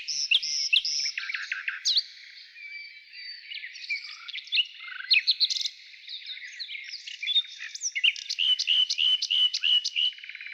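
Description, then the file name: Nightingale song of varied whistles and chirps, ending with a run of sharp repeated notes. Morning. "Utro i solovey"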